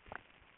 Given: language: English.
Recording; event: throat vibration sensor signal played as sound; swallow